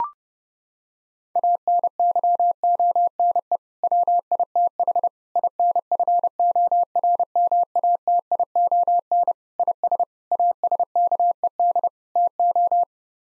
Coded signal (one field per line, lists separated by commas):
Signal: Morse code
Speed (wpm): 30 wpm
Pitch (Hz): 700 Hz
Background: none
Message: ANYONE WITH INFORMATION IS ASKED TO